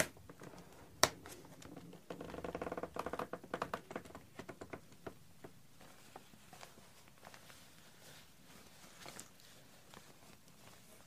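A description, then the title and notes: A laptop being unboxed: a sharp knock near one second, a rustling run of packaging sounds around three seconds, then scattered light taps and clicks. ASMR Unboxing Gaming Laptop ASUS. ASUS ROG G752. My binaural microphone is a set of 2 microphones. Recorder Zoom h6.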